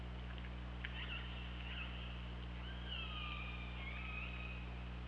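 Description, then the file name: Killer whale calls: a few short chirps and clicks, then a long tonal call gently falling with a lower harmonic, above continuous low hum. Recorded on the OrcaLab hydrophone, 24 August 2017 at 08:08. "Orca Lab UTLN JASON 20170824 080832"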